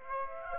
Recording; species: mosquito wingbeat signal from an infrared sensor; Aedes aegypti